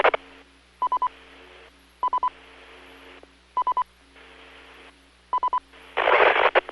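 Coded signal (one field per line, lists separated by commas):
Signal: none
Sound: repeater courtesy beeps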